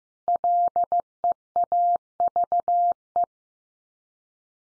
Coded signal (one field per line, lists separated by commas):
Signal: Morse code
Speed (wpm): 15 wpm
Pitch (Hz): 700 Hz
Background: none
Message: LEAVE